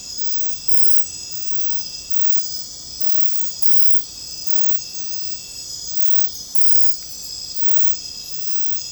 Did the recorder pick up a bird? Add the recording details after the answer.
no. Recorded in secondary vegetation near Puerto Asís, Putumayo, Colombia, on 21 December 2024 at 22:00. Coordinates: 0.499, -76.323. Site G010